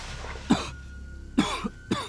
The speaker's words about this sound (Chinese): 过了片刻，棺木里竟也传来动静，身体挪动的声响，以及沉闷的咳嗽声。